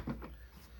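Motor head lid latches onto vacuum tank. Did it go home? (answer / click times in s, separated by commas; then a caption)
no / none. The plastic motor head lid of a HAUSHOF 24V cordless 2.5-gallon ultra quiet wet/dry vacuum is handled on top of the tank, with its side latches about to be closed. Soft, muffled low handling bumps come near 0.1 s and 0.25 s, then fade to a quiet hum. Nothing has seated or clicked yet.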